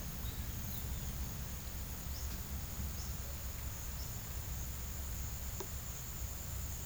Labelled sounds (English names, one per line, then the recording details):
none
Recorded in pastures near Puerto Asís, Putumayo, Colombia, on 20 December 2024 at 12:00
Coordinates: 0.472, -76.329
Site G072